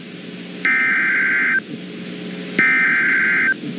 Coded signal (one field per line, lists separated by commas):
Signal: Emergency Alert System (SAME) tones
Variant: header bursts